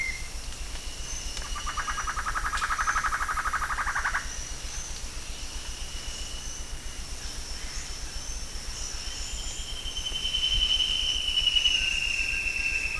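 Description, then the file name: Bird calls: a fast buzzy trill for about three seconds, later a long thin whistled note that slowly falls, over a steady high-pitched whine and low rumble. "SABIOD 50 bird 2015"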